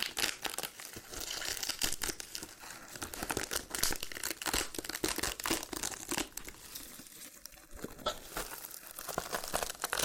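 A loofah is rubbed and peeled with dense, crackling, crinkly scratching that runs almost without a break, full of quick sharp pops and snaps. The texture is bright and busy, easing briefly around the seventh second before picking back up.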